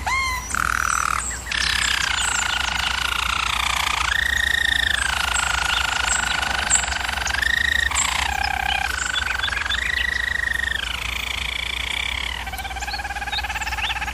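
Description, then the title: German Roller canary song: long rolled tours that shift between lower and higher pitches every few seconds. German Roller canary singing, for canary training. "German Roller Canary Singing - Canary Training Vid"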